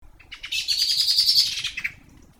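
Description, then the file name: Common blackbird giving a rapid, rattling chatter of harsh repeated notes that builds, holds for about a second, then breaks into a few separate clucks. "Turdus merula"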